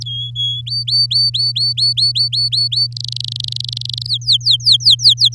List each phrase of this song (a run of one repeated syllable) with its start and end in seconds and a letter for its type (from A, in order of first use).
0.05-0.61 A, 0.66-2.87 B, 2.92-4.07 C, 4.08-5.35 D